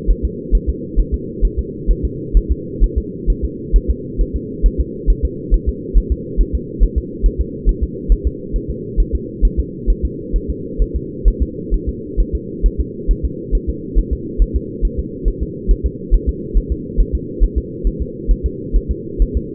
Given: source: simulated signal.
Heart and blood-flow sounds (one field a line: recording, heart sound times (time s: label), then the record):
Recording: fetal heart sounds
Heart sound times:
0.11 s: S1
0.25 s: S2
0.55 s: S1
0.69 s: S2
1.00 s: S1
1.14 s: S2
1.45 s: S1
1.59 s: S2
1.91 s: S1
2.05 s: S2
2.37 s: S1
2.52 s: S2
2.84 s: S1
2.98 s: S2
3.30 s: S1
3.45 s: S2
3.76 s: S1
3.91 s: S2
4.21 s: S1
4.36 s: S2
4.66 s: S1
4.80 s: S2
5.10 s: S1
5.25 s: S2
5.54 s: S1
5.69 s: S2
5.98 s: S1
6.12 s: S2
6.41 s: S1
6.55 s: S2
6.83 s: S1
6.98 s: S2
7.26 s: S1
7.41 s: S2
7.69 s: S1
7.84 s: S2
8.12 s: S1
8.27 s: S2
8.56 s: S1
8.71 s: S2
9.00 s: S1
9.15 s: S2
9.45 s: S1
9.60 s: S2
9.90 s: S1
10.05 s: S2
10.36 s: S1
10.50 s: S2
10.82 s: S1
10.96 s: S2
11.28 s: S1
11.43 s: S2
11.74 s: S1
11.89 s: S2
12.20 s: S1
12.35 s: S2
12.66 s: S1
12.80 s: S2
13.11 s: S1
13.25 s: S2
13.55 s: S1
13.70 s: S2
13.99 s: S1
14.13 s: S2
14.42 s: S1
14.56 s: S2
14.85 s: S1
14.99 s: S2
15.28 s: S1
15.43 s: S2
15.71 s: S1
15.86 s: S2
16.14 s: S1
16.29 s: S2
16.57 s: S1
16.72 s: S2
17.00 s: S1
17.15 s: S2
17.44 s: S1
17.58 s: S2
17.87 s: S1
18.02 s: S2
18.31 s: S1
18.46 s: S2
18.76 s: S1
18.91 s: S2
19.22 s: S1
19.37 s: S2
From the record:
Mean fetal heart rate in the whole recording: 135 bpm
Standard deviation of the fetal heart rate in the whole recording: 3 bpm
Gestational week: 36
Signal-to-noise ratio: -4.1 dB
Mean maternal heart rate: no maternal heart sound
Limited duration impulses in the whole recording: absent